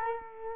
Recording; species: mosquito wingbeat signal from an infrared sensor; Culex quinquefasciatus